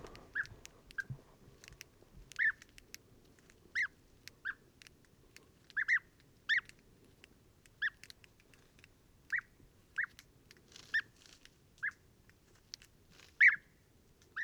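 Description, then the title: European bee-eater repeating rolling trilled calls roughly every second. Pre-migration gathering at an evening roost in a very large acacia, recorded in the evening and at morning waking, Oasis Mayateg, Adrar, Mauritania, 22 February 2019, Tlp7 and MixPre 3. "Dortoir de Guêpier d'Europe - Mauritanie"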